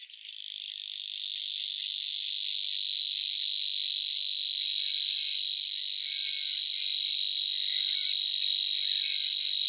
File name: sverchok solovinyy golos